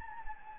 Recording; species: mosquito wingbeat signal from an infrared sensor; Anopheles gambiae